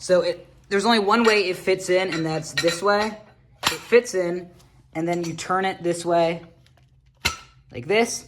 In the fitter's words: And it just kind of locks into place.